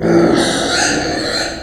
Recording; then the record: squeal of a Yucatan mini pig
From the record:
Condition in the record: before surgery on the right vocal fold (resection and tissue-engineered implant); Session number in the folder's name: 3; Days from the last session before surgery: 0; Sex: female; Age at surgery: 19 weeks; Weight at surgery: 25 kg